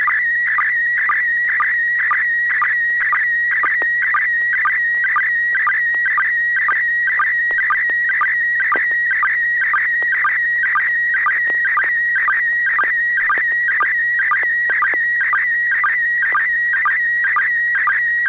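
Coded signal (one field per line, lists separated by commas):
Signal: SSTV (slow-scan television)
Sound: steady high warbling tone with rhythmic low chirps twice a second, buzzy texture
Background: mains hum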